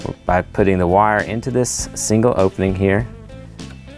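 The red lighting wire for a Ford Ranger Raptor LED grill light upgrade, meant for the truck's auxiliary switches, is fed into the single opening of a plastic quick-splice (easy) wire tap connector while someone talks over background music. Nothing has seated or clicked yet; the connector has not been pressed shut.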